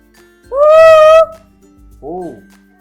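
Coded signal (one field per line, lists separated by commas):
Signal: whistled language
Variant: Kongthong jingrwai lawbei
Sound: a held, slightly wavering hummed note, a pause, then a short rising-falling lower note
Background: quiet outdoor background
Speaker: लेट्स सी द शॉर्ट वर्जन।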